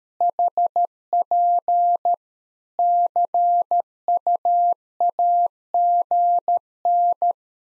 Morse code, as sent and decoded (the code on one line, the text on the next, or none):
.... .--. / -.-. ..- .- --. -.
HP CUAGN